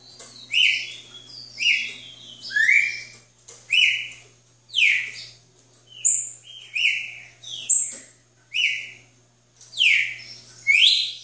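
Red-cowled cardinal singing rich whistled notes, some falling and some rising, about one per second, with a steady low hum beneath.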